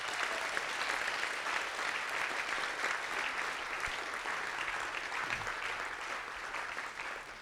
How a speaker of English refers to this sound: Can we give him a hand clap tonight?